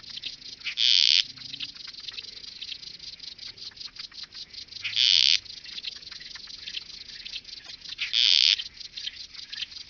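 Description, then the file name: Alpine saddle bush-cricket song: three loud, short buzzy chirps a few seconds apart, over a steady faint background of rapid ticking. "Ephippiger terrestris -- Alpen-Sattelschrecke -- Alpine Saddle Bush-cricket"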